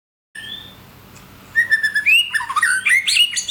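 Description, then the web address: Bird calls: a clear whistled note first, then a burst of rapid, varied chirps and tweets with rising and falling whistles toward the end. "Chika Pengusir-Hama-Burung-Otomatis. bird Recording 13"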